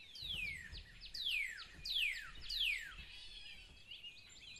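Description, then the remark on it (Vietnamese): Four bright, sweeping whistles of oriental magpie-robins singing in the morning repeat about once a second, each sliding downward in pitch, over a soft low background hum with no one talking. “Tiếng hót của lũ chích chòe chào mọc thánh thót một buổi sáng khiến cho ông Dương Thích tỉnh táo hẳn.”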